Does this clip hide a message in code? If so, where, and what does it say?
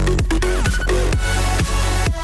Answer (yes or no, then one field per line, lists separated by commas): no